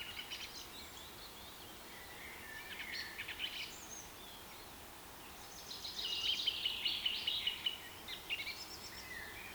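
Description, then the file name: Bird calls come in bursts: short chirps early, then a loud rapid series of bright repeated notes midway, followed by scattered chirps and a steady background hiss. Rain forest. "KPR Sounds - Rain Forest Bird Sounds"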